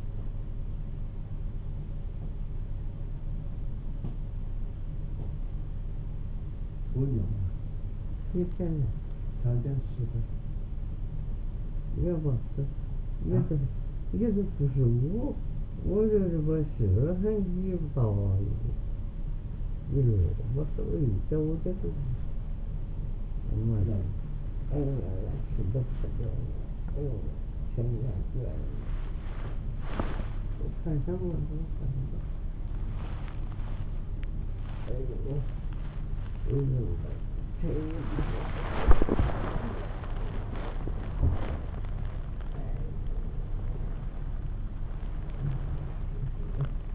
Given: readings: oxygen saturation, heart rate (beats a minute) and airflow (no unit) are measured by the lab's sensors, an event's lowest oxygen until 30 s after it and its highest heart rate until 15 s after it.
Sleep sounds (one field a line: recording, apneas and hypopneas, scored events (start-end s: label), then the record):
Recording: a person awake in a sleep study, by a smartphone at the bedside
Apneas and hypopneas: none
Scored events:
0.00-46.94 s: awake
From the record:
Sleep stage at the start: awake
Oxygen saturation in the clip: 94 to 96%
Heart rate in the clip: 53 to 60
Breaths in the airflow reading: 13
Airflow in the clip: -2.1 to 4.7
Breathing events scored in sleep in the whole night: 388 in 6.5 hours asleep